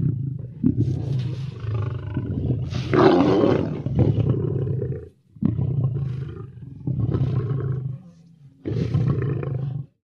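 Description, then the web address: Lion roaring, heavy low rumbling phrases broken by short silences, with a harsher burst near the three-second mark. "big cats|lions"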